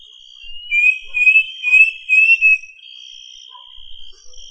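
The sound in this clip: Bird call: four or five pulsing high whistled notes over a steady, unbroken high tone that carries on after they stop.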